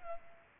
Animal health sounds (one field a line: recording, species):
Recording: mosquito wingbeat signal from an infrared sensor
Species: Culex pipiens